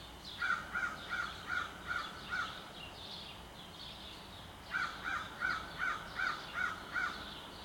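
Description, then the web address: Crow cawing in two quick series of six or seven clipped, nasal notes with a long gap between them, over low continuous noise. Suburban city setting in Montreal, Canada. "Articulated Sounds - Nature in the City AMB SUBURB Crow in City, Sparrow Chirps, Montreal, Canada"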